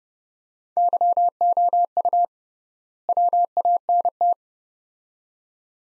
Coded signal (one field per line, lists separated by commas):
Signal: Morse code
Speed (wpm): 31 wpm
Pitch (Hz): 700 Hz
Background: none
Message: YOU WANT